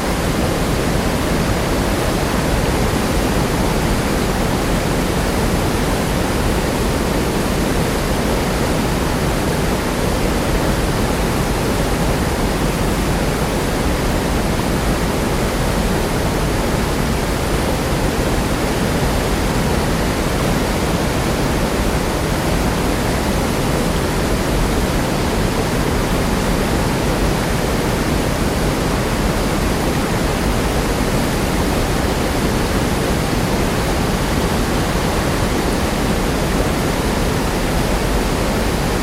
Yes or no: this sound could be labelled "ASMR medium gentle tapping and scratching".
no